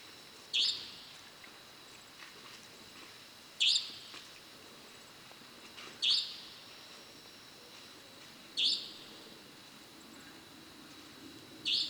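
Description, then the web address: European nightjar calling, brief high clipped notes repeated every few seconds, five in all, with quiet background hiss. "common nightjar call sound effect"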